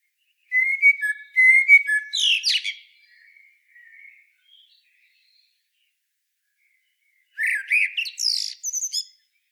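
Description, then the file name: Eurasian blackbird song: a few repeated fluted whistles, then a sharp high squeaky flourish, some soft quiet notes, and later a second short phrase with high twittering. "Turdus merula"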